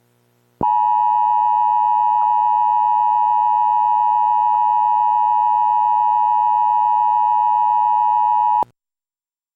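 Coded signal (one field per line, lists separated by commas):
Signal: Emergency Alert System (SAME) tones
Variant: 853 and 960 Hz attention tone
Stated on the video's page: EAS tones from a fictional full scenario, not a real alert.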